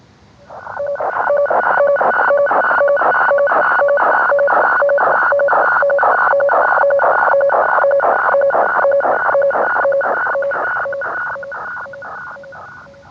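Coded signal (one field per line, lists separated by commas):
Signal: weather fax (radiofax)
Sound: scratchy rasping warble repeating about twice a second, with brief steady tones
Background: radio static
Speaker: Facsimile is a method of sending sounds which correspond to contrast changes. Weather maps, photographs, and other pictorial information sound much like a badly scratched phonograph record as they are traced line by line and sent over the air.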